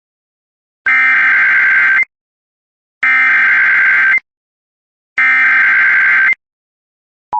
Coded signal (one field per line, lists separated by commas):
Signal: Emergency Alert System (SAME) tones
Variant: header bursts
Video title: Special Weather Statement || Abilene, TX (EAS)